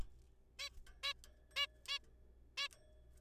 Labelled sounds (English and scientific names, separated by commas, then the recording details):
Zebra Finch (Taeniopygia guttata)
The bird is a juvenile
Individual R3428